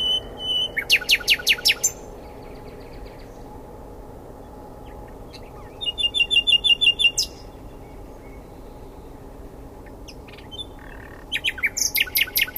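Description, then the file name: Common nightingale singing three separate phrases with long pauses, each a quick run of loud, percussive repeated notes, some mixed with high buzzy trills. "Luscinia megarhynchos"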